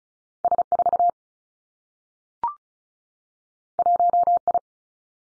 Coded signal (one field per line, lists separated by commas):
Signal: Morse code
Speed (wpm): 36 wpm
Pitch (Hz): 700 Hz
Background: none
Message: S 4 1 I